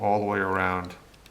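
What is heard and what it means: A plastic housing cover is being pressed back onto the body of a Shimano spinning fishing reel during reassembly, with the part handled but not yet home. Someone talks through most of the clip, and then only faint handling ticks are heard. Nothing has seated or clicked yet.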